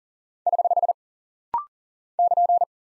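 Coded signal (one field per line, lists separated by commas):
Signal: Morse code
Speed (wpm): 39 wpm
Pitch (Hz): 700 Hz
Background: none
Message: <HH> <KN>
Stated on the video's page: Rapid-fire head-copy drill of punctuation and prosign characters sent at 40 wpm.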